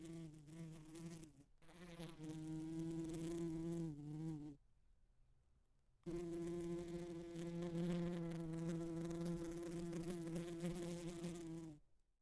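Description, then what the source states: Bee drones in low buzzing stretches, with a short break early on and a longer quiet gap in the middle before a long final buzz. Buzzing against a window, in stereo.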